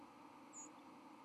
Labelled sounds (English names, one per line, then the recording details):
White-throated Sparrow flight call
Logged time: 10:05 on 31 October 2014